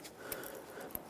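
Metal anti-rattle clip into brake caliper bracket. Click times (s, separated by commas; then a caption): 1.0 s. A metal anti-rattle clip is dropped into the greased rear brake caliper bracket of a 2018-2023 Subaru Crosstrek and pressed until it locks. A few light metallic taps are heard, the first around 0.3 s, then a sharp click at 0.9 s as the clip seats.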